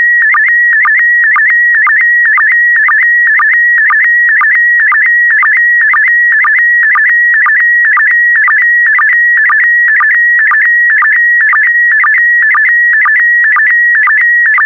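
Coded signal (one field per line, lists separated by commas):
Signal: SSTV (slow-scan television)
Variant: PD120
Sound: steady warbling high tone broken by quick low blips about twice a second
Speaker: 3, 2, 1. Thank you. Transmission complete. You can now check your decoded image against the picture that is shown on the video.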